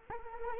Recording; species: mosquito wingbeat signal from an infrared sensor; Culex quinquefasciatus